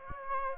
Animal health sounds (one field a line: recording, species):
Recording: mosquito wingbeat signal from an infrared sensor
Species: Aedes aegypti